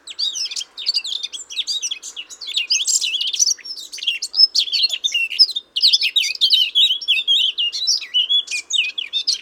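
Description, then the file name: Eurasian blackcap song: continuous lively warbling of quick scratchy and whistled notes, barely pausing, with one short gap midway. "Sylvia atricapilla"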